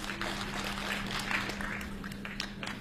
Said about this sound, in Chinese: 再来点掌声、 哎、这怎么还在要掌呢呢， 来点掌声，他唱得好吧